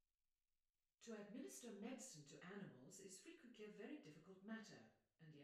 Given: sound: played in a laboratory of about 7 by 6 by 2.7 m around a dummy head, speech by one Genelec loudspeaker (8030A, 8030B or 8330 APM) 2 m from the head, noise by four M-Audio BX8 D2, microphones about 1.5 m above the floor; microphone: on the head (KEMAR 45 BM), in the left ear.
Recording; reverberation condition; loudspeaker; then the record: female speech in English; medium; 120 degrees to the right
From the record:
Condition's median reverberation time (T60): about 510 ms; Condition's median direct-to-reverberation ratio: about -0.5 dB